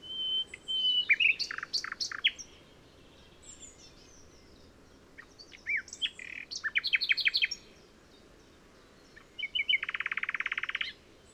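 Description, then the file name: Common nightingale song with varied phrases: sharp whistles, fast stuttering note series and a closing buzzy trill, separated by short pauses. "Luscinia megarhynchos"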